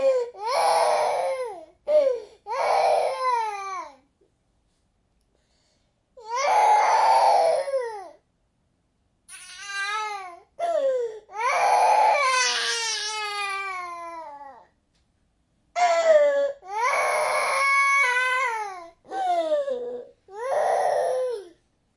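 An infant cries in about eight to ten bursts of wailing, each with a falling, strongly tonal pitch, separated by breath pauses and a few seconds of silence.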